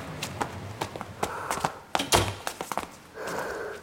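Snow being knocked off shoes before entering a stairwell: a string of dull, irregular thumps and stamps, one heavier than the rest, then a short stretch of scuffing and brushing. No one speaks.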